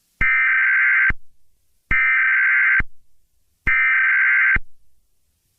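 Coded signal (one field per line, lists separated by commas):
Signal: Emergency Alert System (SAME) tones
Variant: header bursts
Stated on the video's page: Fictional EAS scenario of a hurricane, using valid EAS tones.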